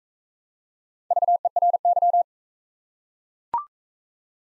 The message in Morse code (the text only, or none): VERY